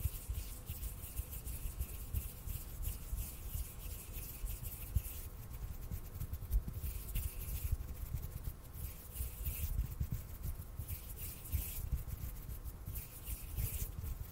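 Hands rub and brush against each other in a continuous, dense scrubbing, with crisp bright swishes surging every second or two over a low rumble.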